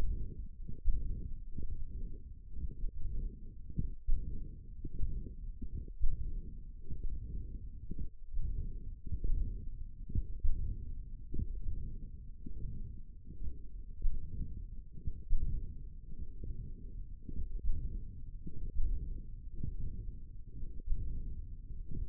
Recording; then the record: forearm muscle sounds (acoustic myography)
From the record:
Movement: hand closing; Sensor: system 1, eight BSWA MPA416 microphones around the upper forearm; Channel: 3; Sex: female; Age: 22 years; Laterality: right